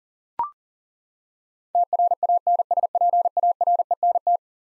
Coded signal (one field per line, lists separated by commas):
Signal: Morse code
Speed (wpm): 40 wpm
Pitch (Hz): 700 Hz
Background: none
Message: TRANSPARENT